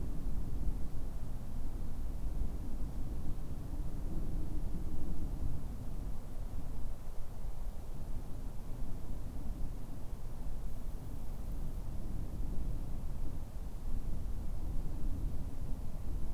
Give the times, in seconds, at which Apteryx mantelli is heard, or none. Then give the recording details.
none. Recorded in New Zealand on 2 February 2014. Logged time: 22:59. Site CA73